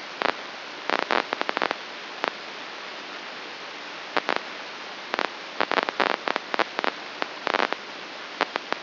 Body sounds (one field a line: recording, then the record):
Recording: brain microelectrode recording played as sound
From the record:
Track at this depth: inside the subthalamic nucleus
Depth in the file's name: 6.543 mm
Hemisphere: left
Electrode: 2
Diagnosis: Parkinson's disease